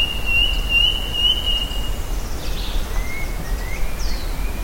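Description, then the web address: Bird voice: a high steady trilled whistle at the start, then faint rising chirps, all over a heavy low rumbling background. "BIRD 2015 SABIOD 50 bird 2015"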